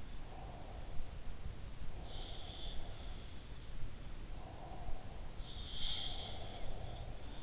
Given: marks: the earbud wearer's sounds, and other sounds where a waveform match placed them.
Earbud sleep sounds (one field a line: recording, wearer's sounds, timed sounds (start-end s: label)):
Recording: sounds in sleep by an in-ear microphone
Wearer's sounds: breath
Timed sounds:
0.03-1.21 s: breath
1.91-3.14 s: sound from someone else or the room
4.23-7.43 s: breath
5.58-7.43 s: sound from someone else or the room